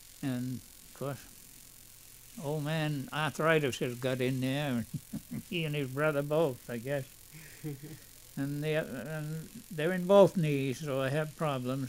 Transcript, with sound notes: And 'course Old Man Arthritis has got in there and (he laughs) he and his brother both, I guess. And their in both knees so I have problems.